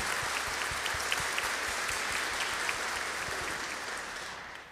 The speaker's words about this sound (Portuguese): Palmas a Nossa Senhora, a Mãe Aparecida.